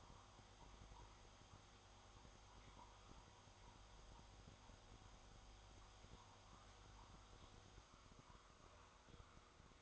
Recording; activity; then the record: daily activity, microphone in the room; make coffee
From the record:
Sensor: 3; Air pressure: 1004.2 hPa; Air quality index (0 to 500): 199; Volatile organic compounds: 15 ppm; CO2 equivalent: 2497 ppm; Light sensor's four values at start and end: 5/12/4/4 and 5/12/4/4